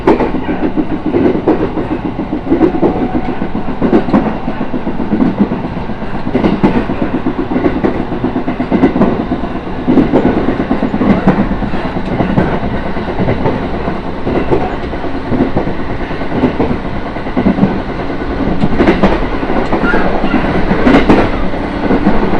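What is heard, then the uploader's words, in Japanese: Inside a moving electric train, a steady, low rumble fills the whole stretch with little change in level. Wheel clacks tick through it at a fairly regular pace, with a few sharper knocks and rattles around the middle and near the end. 耳で楽しむ鉄道旅 東北本線・北上線 花巻→北上→和賀仙人。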